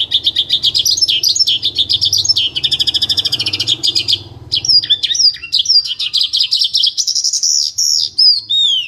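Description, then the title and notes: Bird song of rapid repeated high notes forming trills, then varied sweeping whistles; a faint low hum runs underneath the first half. Bird song meant for training pet birds to master songs. "Suara Burung. Suara Kicauan Burung untuk memaster burung kesayangan"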